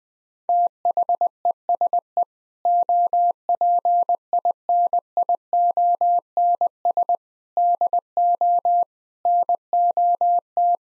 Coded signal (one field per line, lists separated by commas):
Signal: Morse code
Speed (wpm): 20 wpm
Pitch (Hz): 700 Hz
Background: none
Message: THESE OPINIONS DO NOT